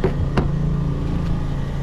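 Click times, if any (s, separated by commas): 0.4 s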